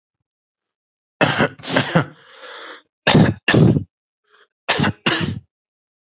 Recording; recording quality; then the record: shallow voluntary cough; excellent, no background noise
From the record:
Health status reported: healthy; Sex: male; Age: 19 years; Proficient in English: yes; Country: India